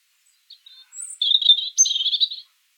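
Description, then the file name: European robin giving thin, high warbled phrases, short faint notes first, then a rapid trilling run jumping to a sharp high note and continuing briefly. "Erithacus rubecula"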